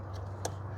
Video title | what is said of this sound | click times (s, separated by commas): Pontiac Solstice EVAP Canister Purge Solenoid Replacement | it down until you hear the spring clip, or click. There's that one. | 0.4 s